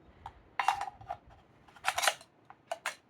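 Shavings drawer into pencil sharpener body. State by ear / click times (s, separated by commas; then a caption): not seated / none. A metal shavings drawer is handled and pushed back toward the metal body of a Blackwing desktop pencil sharpener, which has a rubberized pad on its bottom. Bright clacks and rattles cluster around 0.6–0.7 s and 1.9–2.1 s, followed by lighter taps near 2.7 and 2.9 s. Nothing has seated or locked in place yet.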